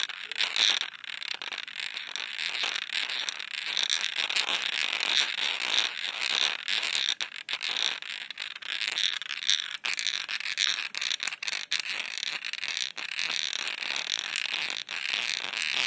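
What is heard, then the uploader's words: Glass nail polish bottles are rubbed together, making a continuous grinding and scraping with a bright, hissy edge. The friction is dense and fairly steady across the whole stretch, with brief clicks and small taps scattered throughout and no pauses. Nail polish bottles ASMR. Various triggers with nail polish bottles — handling, tapping glass bottles, lids, rubbing bottoms together.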